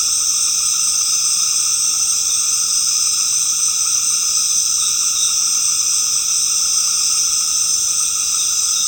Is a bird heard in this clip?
no